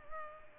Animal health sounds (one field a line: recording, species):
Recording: mosquito wingbeat signal from an infrared sensor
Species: Culex pipiens